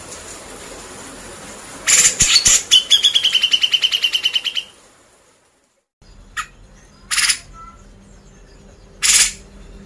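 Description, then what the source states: Grey-cheeked bulbul song: one harsh burst rolling into a fast series of about a dozen repeated notes, followed by a few scattered sharp clicks. Masteran recording used to train cage birds.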